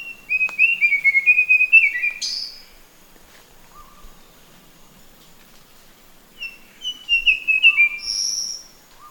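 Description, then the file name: Verditer flycatcher song: a quick jumbled warble, a high squeak, a pause with low soft whistles, then a second warbled phrase ending in another high squeaky note. "sikatan biru muda"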